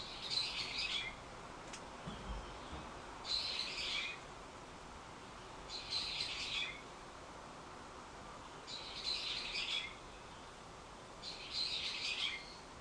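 Bird giving five rasping, high phrases, each about a second long, repeated every two to three seconds against a steady background hiss.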